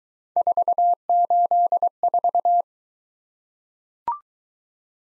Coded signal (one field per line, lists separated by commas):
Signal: Morse code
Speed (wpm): 23 wpm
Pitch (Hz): 700 Hz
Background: none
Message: 484